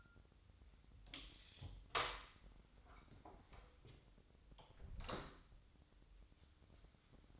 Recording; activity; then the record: daily activity, microphone in the room; close door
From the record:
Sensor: 3